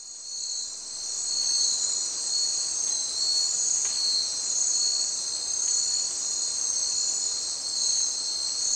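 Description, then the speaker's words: Insects in a steady, dense high-pitched buzzing chorus, with faint pulsing bands layered within it; no birds or other animals stand out. Forest soundscape, East Kalimantan, Indonesian Borneo, about two weeks after selective logging, recorded by Susanna Borivalova; birds and mammals lost, only background insects remain. "Yeah, you've lost the birds, you've lost the mammals, really you just have the background insects."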